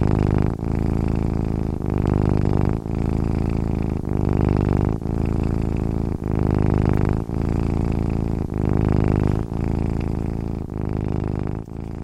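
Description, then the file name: Domestic cat purring, a steady deep rumble in breath cycles, continuous throughout with short gaps between breaths. "katze schnurren"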